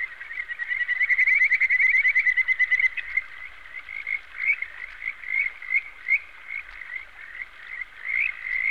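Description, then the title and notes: Frogs croaking: a fast rattling trill at first, then separate short bright notes repeated over a steady background chorus. "NHK Sound Effects Collection - 3-Frogs. NHK効果音集 - 3-カエル"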